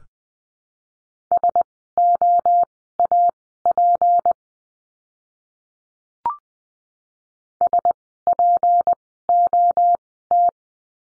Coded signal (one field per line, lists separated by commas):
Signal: Morse code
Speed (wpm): 20 wpm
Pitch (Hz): 700 Hz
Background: none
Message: SOAP SPOT